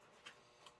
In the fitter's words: It snapped in. All right.